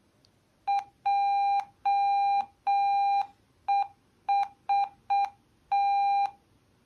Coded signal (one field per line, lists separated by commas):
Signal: Morse code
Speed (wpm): 6 wpm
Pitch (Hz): 800 Hz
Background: none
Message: JEST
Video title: Ważna wiadomość alfabetem Morse'a